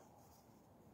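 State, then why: Not seated. A metal CVLIFE bipod leg is being lifted and folded up toward its locked, stowed position, producing a steady, quiet rustle of handling noise with no sharp transients. Nothing has seated or clicked yet.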